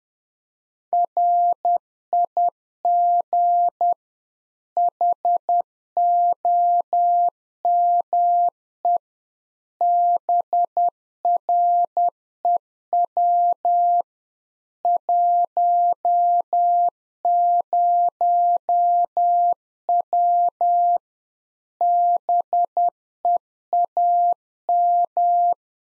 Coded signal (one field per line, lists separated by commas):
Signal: Morse code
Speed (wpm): 10 wpm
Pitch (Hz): 700 Hz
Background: none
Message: RIG HOME BREW 10W BEAM